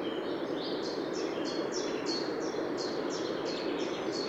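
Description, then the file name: Eurasian wren call series: a steady run of many short, high, slightly downslurred notes, heard over continuous rushing noise. "Troglodytes troglodytes"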